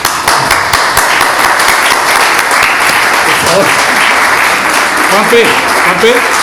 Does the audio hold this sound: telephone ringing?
no